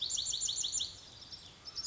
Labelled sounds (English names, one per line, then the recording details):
Pacific Wren
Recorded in Sonoma County, California